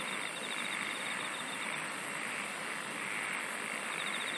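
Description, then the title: Insect trills: a pulsed trill at the start, another at the end, and high rapid ticking in between, over a rushing steady background. "SINGING OF INSECTS"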